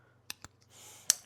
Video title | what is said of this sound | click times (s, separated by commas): Catching Up With Kizer! - New...ish Folding Knives | So, it's not hard to disengage or anything like that. It's just a little click. | 0.3 s, 1.1 s